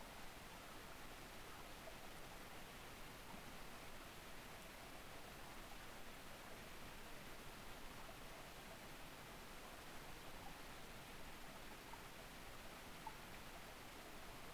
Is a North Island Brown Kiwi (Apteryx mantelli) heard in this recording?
no